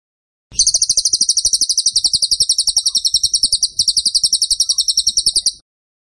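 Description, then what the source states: Bird song, a sustained stream of sharp, high-pitched chirps at an even fast rhythm, with a small softening midway, about five seconds long. Masteran (training) recording of a bird singing actively (gacor) with tembakan phrases.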